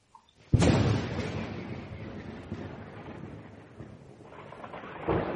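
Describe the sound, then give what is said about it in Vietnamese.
A sudden sharp thunderclap cracks out, then deep rumbling thunder rolls on steadily for several seconds, swelling again with a second burst near the end, in a night storm over the imperial capital. “Rất nhanh, tiếng sấm sét tới giàu đã đến.”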